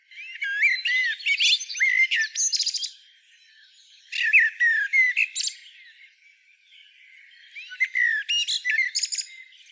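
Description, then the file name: Common blackbird delivering three separate bursts of whistled notes and scratchy twitters, each lasting a couple of seconds, with quiet gaps between. "Turdus merula"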